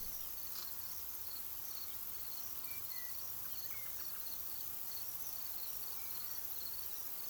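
Crickets chirping in short high pulses throughout, over a steady high hiss, with a few faint whistled notes partway through.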